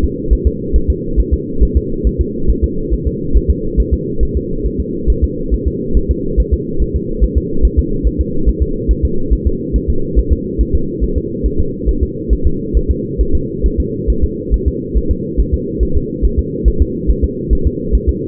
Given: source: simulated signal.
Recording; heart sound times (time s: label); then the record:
fetal heart sounds
0.04 s: S2
0.33 s: S1
0.47 s: S2
0.76 s: S1
0.90 s: S2
1.20 s: S1
1.33 s: S2
1.63 s: S1
1.77 s: S2
2.07 s: S1
2.21 s: S2
2.50 s: S1
2.64 s: S2
2.94 s: S1
3.07 s: S2
3.37 s: S1
3.50 s: S2
3.80 s: S1
3.94 s: S2
4.23 s: S1
4.37 s: S2
4.66 s: S1
4.80 s: S2
5.10 s: S1
5.24 s: S2
5.54 s: S1
5.67 s: S2
5.97 s: S1
6.11 s: S2
6.40 s: S1
6.53 s: S2
6.82 s: S1
6.96 s: S2
7.24 s: S1
7.37 s: S2
7.65 s: S1
7.79 s: S2
8.07 s: S1
8.20 s: S2
8.49 s: S1
8.62 s: S2
8.91 s: S1
9.05 s: S2
9.33 s: S1
9.47 s: S2
9.76 s: S1
9.90 s: S2
10.19 s: S1
10.32 s: S2
10.61 s: S1
10.75 s: S2
11.04 s: S1
11.17 s: S2
11.46 s: S1
11.60 s: S2
11.89 s: S1
12.03 s: S2
12.33 s: S1
12.47 s: S2
12.77 s: S1
12.91 s: S2
13.21 s: S1
13.35 s: S2
13.66 s: S1
13.80 s: S2
14.10 s: S1
14.24 s: S2
14.54 s: S1
14.68 s: S2
14.97 s: S1
15.11 s: S2
15.40 s: S1
15.54 s: S2
15.83 s: S1
15.97 s: S2
16.25 s: S1
16.39 s: S2
16.68 s: S1
16.82 s: S2
17.10 s: S1
17.24 s: S2
17.53 s: S1
17.67 s: S2
17.95 s: S1
18.09 s: S2
From the record:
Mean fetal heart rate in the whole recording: 140 bpm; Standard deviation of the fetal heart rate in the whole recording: 2 bpm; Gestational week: 34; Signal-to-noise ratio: -8.1 dB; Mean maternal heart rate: 72 bpm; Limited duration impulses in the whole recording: absent